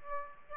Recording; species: mosquito wingbeat signal from an infrared sensor; Aedes aegypti